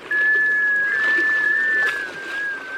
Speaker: You're hearing the call of a male black scoter.